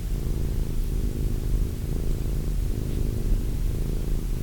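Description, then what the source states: Cat giving a low, even purr, a rough throbbing hum that stays steady for the whole stretch, with soft static behind it. Cat named Wilson.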